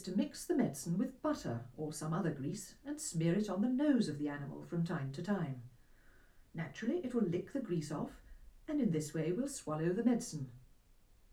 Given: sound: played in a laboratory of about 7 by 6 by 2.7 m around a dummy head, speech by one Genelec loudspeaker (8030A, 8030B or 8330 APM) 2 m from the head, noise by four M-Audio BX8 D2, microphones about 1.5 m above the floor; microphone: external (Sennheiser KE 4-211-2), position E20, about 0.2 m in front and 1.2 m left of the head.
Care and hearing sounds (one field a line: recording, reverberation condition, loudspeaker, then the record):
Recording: female speech in English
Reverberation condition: low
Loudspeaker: 90 degrees to the right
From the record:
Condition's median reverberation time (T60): about 310 ms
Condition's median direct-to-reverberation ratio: about 3.5 dB